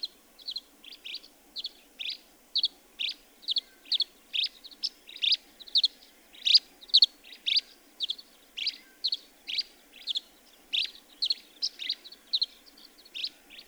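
Bird song of rapid, short chirping notes repeated about twice a second, steady and high-pitched, against a quiet background.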